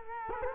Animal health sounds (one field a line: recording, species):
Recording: mosquito wingbeat signal from an infrared sensor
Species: Culex quinquefasciatus